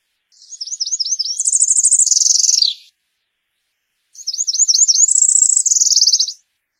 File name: Canto da mariquita azul